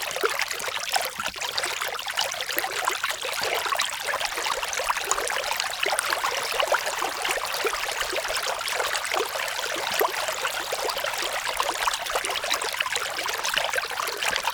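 A tiny creek babbles steadily, its water trickling and splashing in a dense, continuous patter with no pauses. The sound is bright, made of quick overlapping drips and gurgles, with almost nothing in the low range and no other sounds around it.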